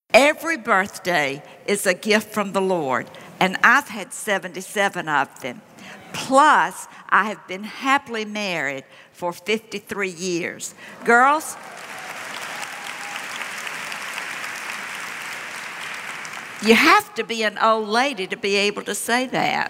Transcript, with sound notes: Every birthday is a gift from the Lord, and I’ve had seventy-seven of them, plus I’ve been happily married for fifty-three years. (applause and cheering) Girls, you have to be an old lady to be able to say that.